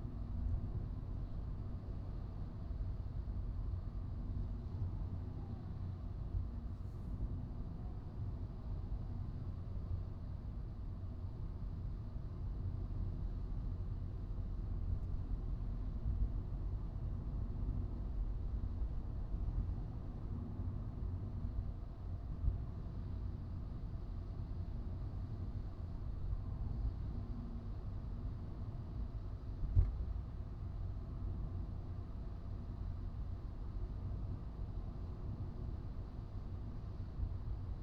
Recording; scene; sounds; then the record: everyday scene through a hearing-aid microphone; in a vehicle; engine, traffic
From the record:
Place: Skoda Fabia, gasoline engine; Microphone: in the ear canal, right